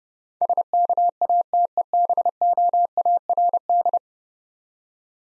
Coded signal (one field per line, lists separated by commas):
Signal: Morse code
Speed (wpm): 30 wpm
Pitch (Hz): 700 Hz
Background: none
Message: SKATEBOARD